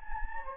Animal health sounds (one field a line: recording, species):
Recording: mosquito wingbeat signal from an infrared sensor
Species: Anopheles gambiae